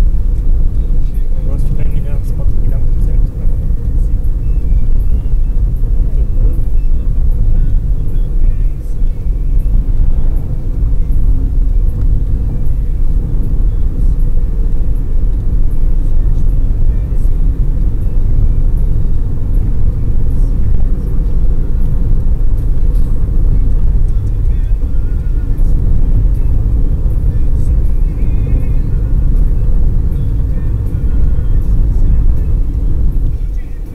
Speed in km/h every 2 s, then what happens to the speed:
63, 63, 61, 60, 60, 60, 64, 66, 68, 70, 75, 78, 78, 77, 76, 74, 66.
0-10 steady at about 60. 10-24 speeds up to 78. 24-34 slows to 66.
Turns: none.